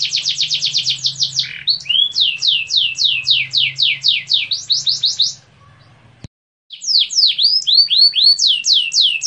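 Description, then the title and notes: Atlantic Canary song, fast repeated high sweeping notes in a rolling trill, a brief silent break, then resuming with looping notes. Canary master song used for training other canaries. "Suara Burung Kenari Masteran. master suara burung kenari mantap"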